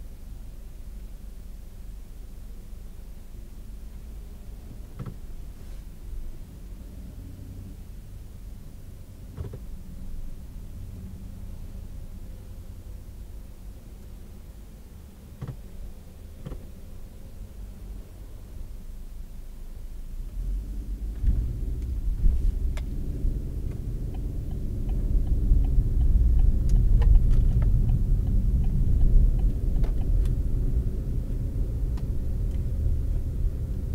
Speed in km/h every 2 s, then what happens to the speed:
0, 0, 0, 0, 0, 0, 0, 0, 0, 2, 10, 18, 26, 31, 34, 37, 34.
0-18 standing. 18-29 pulls away to 37.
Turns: none.